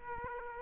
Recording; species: mosquito wingbeat signal from an infrared sensor; Aedes aegypti